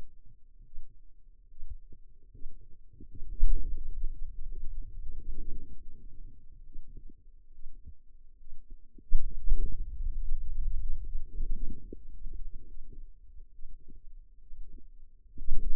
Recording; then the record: forearm muscle sounds (acoustic myography)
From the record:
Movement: pen grasping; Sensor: system 2, bracelet of six BSWA MPA416 microphones around the upper forearm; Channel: 5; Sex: female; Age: 25 years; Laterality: right